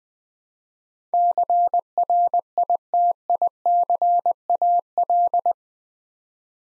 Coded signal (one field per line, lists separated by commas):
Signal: Morse code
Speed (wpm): 20 wpm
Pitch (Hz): 700 Hz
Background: none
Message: CRITICAL